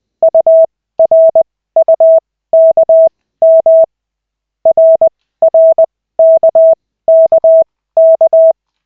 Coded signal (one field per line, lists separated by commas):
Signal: Morse code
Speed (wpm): 20 wpm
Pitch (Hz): 650 Hz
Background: none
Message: URUKM RRKKK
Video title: Koch 3/40, 15.12.2024, 1st CW practice session